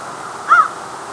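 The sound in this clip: American crow giving a single short caw, arching up then down, with a faint hiss behind it.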